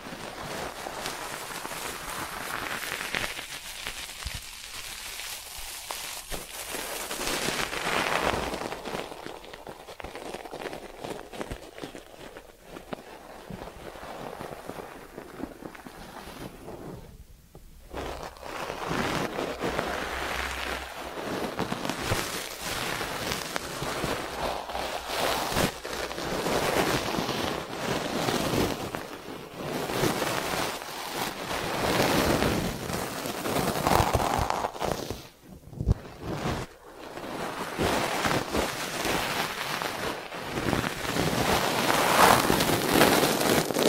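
Ear cleaning triggers fill the recording with dense, crackly scratching and rustling that keeps shifting in texture and loudness. Bright, gritty rubbing sweeps come and go, with brief near-silent gaps around 17 and 36 seconds, and the sound grows louder toward the end.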